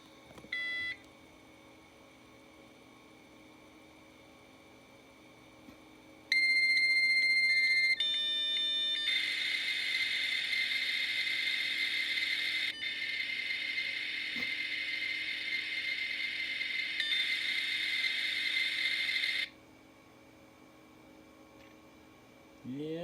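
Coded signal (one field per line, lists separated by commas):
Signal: dial-up modem handshake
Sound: brief dialing tones, steady answer tone, shifting tone pairs, then loud broadband hiss, then silence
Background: room hum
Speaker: here goes nothing i've already configured dial-up networking and we're going to try to dial up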